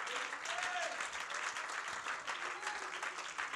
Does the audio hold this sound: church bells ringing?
no